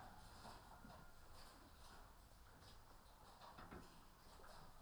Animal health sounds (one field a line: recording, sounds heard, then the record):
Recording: poultry house recording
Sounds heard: healthy chickens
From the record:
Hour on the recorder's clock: 14